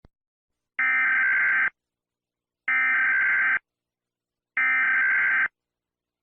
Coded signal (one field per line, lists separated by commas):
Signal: Emergency Alert System (SAME) tones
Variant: header bursts